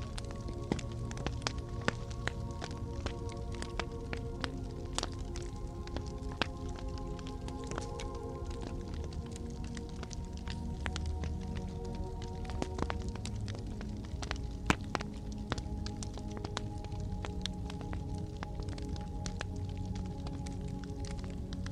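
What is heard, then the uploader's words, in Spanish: A fire crackles steadily, with sharp pops and snaps scattered densely throughout and a louder crack near the fifteen-second mark. Beneath it, soft relaxing music holds long, sustained mid-range tones over a low, even rumble. MÚSICA Relajante aliada al Sonido del FUEGO. El suave crepitar del fuego, capturado a la perfección, evoca noches tranquilas.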